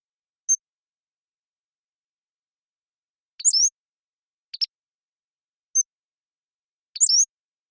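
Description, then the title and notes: Pacific-slope flycatcher song: thin high ticks, slurred squeaky phrases and a short sharp chip, with silence between. Long song sequence recorded with a parabolic microphone, processed clean while keeping natural rhythm and pace. "Pacific-Slope Flycatcher, Empidonax difficilis A long song sequence captured with a parabolic"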